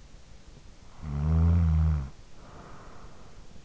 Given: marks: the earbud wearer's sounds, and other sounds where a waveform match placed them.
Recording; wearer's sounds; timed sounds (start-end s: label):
sounds in sleep by an in-ear microphone; snoring breath
0.60-3.58 s: snoring breath